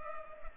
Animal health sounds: mosquito wingbeat signal from an infrared sensor; Culex pipiens

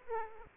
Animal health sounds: mosquito wingbeat signal from an infrared sensor; Aedes aegypti

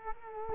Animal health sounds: mosquito wingbeat signal from an infrared sensor; Culex quinquefasciatus

